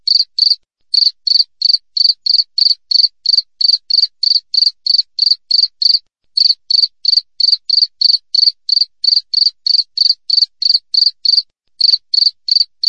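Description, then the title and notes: Cricket producing rapid, regular high-pitched chirps, roughly three a second, with occasional brief gaps in an otherwise silent background. Clear wild cricket chirps with tight spacing, used as a tutor recording for training songbirds and for repelling rats. "Masteran Jangkrik Alam Jernih, Jeda Rapat Cocok Untuk Masteran Burung Dan Mengusir Tikus. suara jangkrik"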